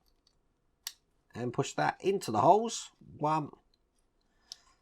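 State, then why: Seated. A blue plastic leg piece from a Transformers Optimus Prime model kit is pushed onto two pegs of the leg assembly, one hole after the other, while someone talks. A brief sharp sound comes at 0.9 s, then after the speech a crisp snap at 4.5 s as the piece seats firmly into the holes.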